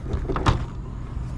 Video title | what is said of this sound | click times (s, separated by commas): Test Drives 1994 Porsche 968 SOLD Classic Car Addict | you can hear the mechanism so you just click it turn it hear that baby open up | 0.4 s, 0.5 s